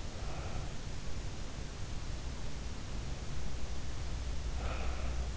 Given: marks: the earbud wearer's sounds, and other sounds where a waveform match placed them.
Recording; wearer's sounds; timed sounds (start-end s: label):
sounds in sleep by an in-ear microphone; breath
0.05-0.91 s: breath
4.45-5.37 s: breath